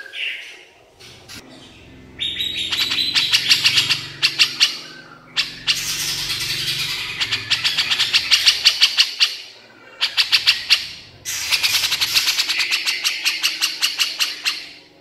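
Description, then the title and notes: Horsfield's bush lark song in harsh buzzy bursts of fast rattling notes, several seconds each, separated by brief pauses, with a short whistled note at the start. Masteran (tutor) recording of branjangan song for training songbirds, described as super gacor (singing constantly). "MASTERAN AMPUH KICAUAN BRANJANGAN SUPER GACOR. cucak jenggot"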